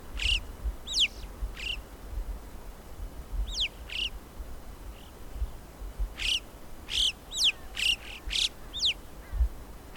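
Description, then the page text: Alpine chough calls: thin, hooked whistles that rise then drop, single and in quick clusters, growing busier in the second half, with low wind rumble. "Christian Brinkman - Альпийская галка (Pyrrhocorax graculus)"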